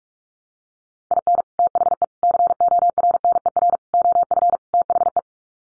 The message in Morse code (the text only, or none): IN THE CORNER OF THE